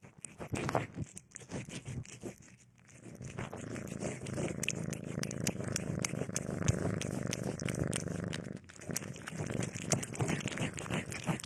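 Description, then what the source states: Cat purring, opening among crackles, then a louder steady rumble from a few seconds in, with rapid clicking and rustling throughout. Domestic cat heard eating, sleeping and playing.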